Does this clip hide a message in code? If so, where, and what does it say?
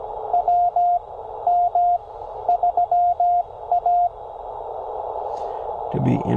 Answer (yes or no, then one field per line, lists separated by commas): yes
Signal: Morse code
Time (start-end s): 0.3-4.1 s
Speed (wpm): 16 wpm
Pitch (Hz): 700 Hz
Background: speech, radio noise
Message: WM3A